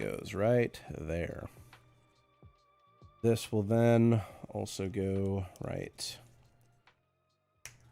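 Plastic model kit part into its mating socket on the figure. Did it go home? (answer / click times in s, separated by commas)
yes / 7.7 s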